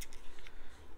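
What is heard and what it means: The battery and charging-port side door on a GoPro Hero 9 action camera is closed and its plastic latch is slid to lock. A few faint ticks come before a short, crisp click at 0.5 seconds, and the door latches shut.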